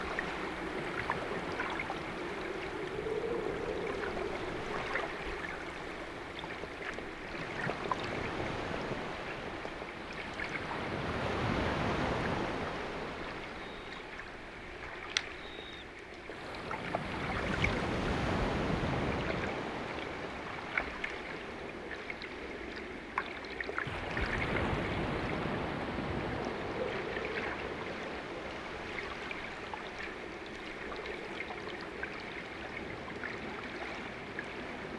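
Grey seals swim around a small boat's hull, recorded underwater: a steady watery hiss with a soft, low murmur beneath. Rushing swishes swell and fade around 11, 18 and 25 seconds, a sharp click lands near 15 seconds, and faint low moans drift in briefly.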